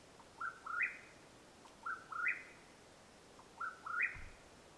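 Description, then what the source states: Mexican whip-poor-will giving three rising whistled phrases, each opening with a faint note, followed near the end by a brief low thump. Calling at nightfall, Madera Canyon, Arizona, USA, 21 April 2022.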